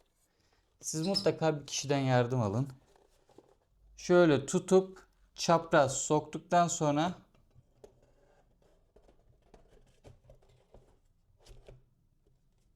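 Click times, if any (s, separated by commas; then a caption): none. Someone talks while a printer assembly part for a Bambu Lab A1 Combo 3D printer is held and inserted at an angle into its mounting slot, followed by faint handling noises and small taps. Nothing has seated or clicked yet.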